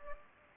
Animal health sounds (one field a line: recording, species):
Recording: mosquito wingbeat signal from an infrared sensor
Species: Anopheles gambiae